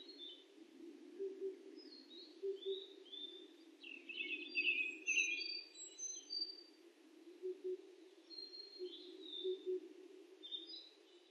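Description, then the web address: Oriental cuckoo giving faint, low, hollow doubled hoots, repeated at intervals, over steady background hiss, with higher chirps and whistles from other birds. Recorded 23 May 2004. "2004 040523 tutudori"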